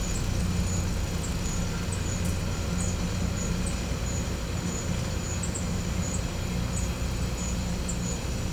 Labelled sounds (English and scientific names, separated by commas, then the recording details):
none
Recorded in pastures near Puerto Asís, Putumayo, Colombia, on 18 December 2024 at 13:00
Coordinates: 0.505, -76.324
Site G063